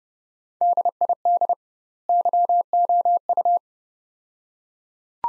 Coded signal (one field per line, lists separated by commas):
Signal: Morse code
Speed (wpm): 30 wpm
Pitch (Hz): 700 Hz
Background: none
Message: DID YOU